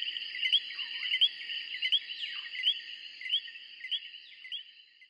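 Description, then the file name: Tree frogs calling in a thick, unbroken high chorus, with quick chirps repeated under a second apart and a couple of dipping whistles. Recorded in 2003. "tree frogs copyright edboakes"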